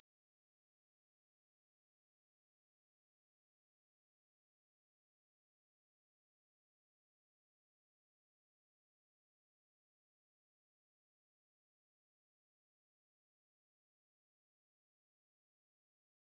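Insect call: a thin, very high, steady trill of rapid even pulses that runs without pause throughout, with no other sounds.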